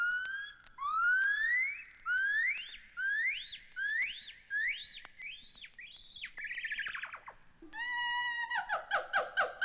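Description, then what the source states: Gibbon call: a series of whistled notes each sweeping upward and coming faster, then falling notes and quick repeated notes at the end. Captive gibbon ape at a zoo.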